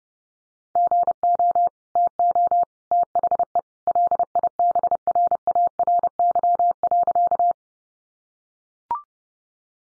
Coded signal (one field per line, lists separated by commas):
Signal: Morse code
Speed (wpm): 30 wpm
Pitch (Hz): 700 Hz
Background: none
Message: GO TO THE LIBRARY.